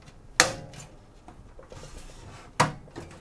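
A thin metal I/O shield is pushed from the inside into the rear opening of a PC case for a £250 budget office and light gaming build with an AMD Athlon 3000G, with pressure on its corners. Two sharp snaps ring out at 0.4 s and 2.6 s, each followed by fainter rattles. The shield ends up seated firmly in place.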